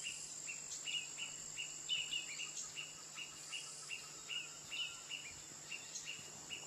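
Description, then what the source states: Woodpecker calls: short, sharp, mid-high notes repeated in a steady series, over a constant high insect whine. 15 March 2004, morning.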